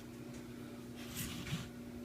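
A hammer is pushed into the receiver of a Kalibrgun Cricket airgun with the trigger lever pulled, so it can go all the way in until it sits almost flush. Over a steady low hum, soft handling rustles and scrapes rise briefly around 1.2 s and 1.5 s. The clip ends just before the hammer goes home; nothing has seated or clicked yet.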